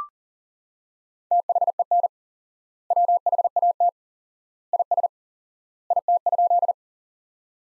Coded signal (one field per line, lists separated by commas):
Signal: Morse code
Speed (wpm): 37 wpm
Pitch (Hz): 700 Hz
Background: none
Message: THEN WHAT IS IT?